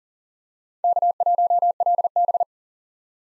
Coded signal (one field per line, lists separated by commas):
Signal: Morse code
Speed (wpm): 40 wpm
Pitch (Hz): 700 Hz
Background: none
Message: K1LB